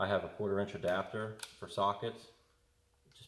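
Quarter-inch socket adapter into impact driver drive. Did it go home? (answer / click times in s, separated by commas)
yes / 3.1 s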